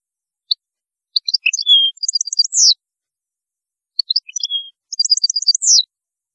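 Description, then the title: European goldfinch song, two matching phrases of tinkling chirps, a slurred note and a rapid series of bright notes ending in a downslur, separated by a short pause. "Chant Chardonneret"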